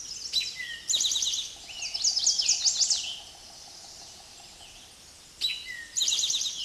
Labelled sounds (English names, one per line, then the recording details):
Eastern Towhee song
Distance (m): 5 m
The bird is about level with the microphone
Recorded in a Pennsylvania forest on 16 May 2024 at 06:12
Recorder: AudioMoth, point MSD-2166
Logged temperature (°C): 16.3 °C
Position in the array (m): 110 m, 6 m